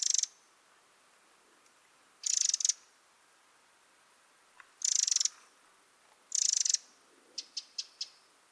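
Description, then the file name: Eurasian wren giving dry, buzzy rattling churrs, four bursts separated by pauses, then a quick run of four sharp ticks at the end. "Troglodytes troglodytes"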